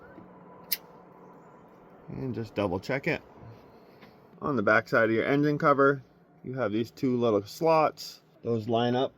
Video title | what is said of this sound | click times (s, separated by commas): EVAP purge solenoid replacement 2016 - 2023 Toyota Tacoma | And now we can plug the connector back in. You'll hear it lock in once it's in place. | 0.7 s